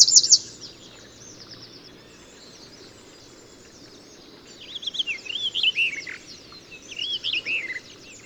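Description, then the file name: Eurasian wren song, a high bright burst at the start, then after a quiet pause a run of rapid, lower warbling notes over faint background noise. "Troglodytes troglodytes"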